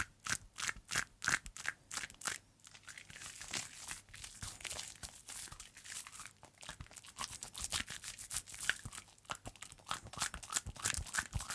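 Hands rub together in soapy lather for hand washing, making a dense, bright crackle of tiny popping bubbles. Sharp squishy bursts come every second or so, strongest in the first two seconds and again near the end, over a continuous fizzing hiss.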